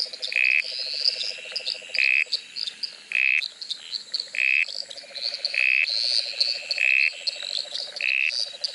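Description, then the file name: Dusky gungan calling with a regular series of short, squelchy buzzes spaced just over a second apart, while insects keep up a continuous high chorus. "uperoleia fusca"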